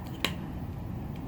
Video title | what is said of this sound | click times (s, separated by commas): Monster High Haunt Couture Frankie Stein Unboxing | no it clicked in there we go nope it popped out okay | 0.2 s